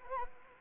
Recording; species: mosquito wingbeat signal from an infrared sensor; Anopheles gambiae